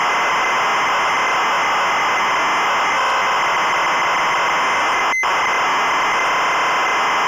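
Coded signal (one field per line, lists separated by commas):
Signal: ZX Spectrum tape loading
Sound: continuous harsh buzzing screech of data tones, brief dropout near the end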